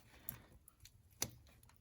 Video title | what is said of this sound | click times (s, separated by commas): 07-13 Silverado AFM Lifter Replacement (PT 1 Disassembly) | Pushing in, release those clips, and your fuel | 0.3 s, 1.2 s